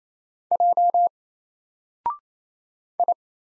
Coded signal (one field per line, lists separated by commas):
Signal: Morse code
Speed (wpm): 27 wpm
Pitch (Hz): 700 Hz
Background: none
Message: J I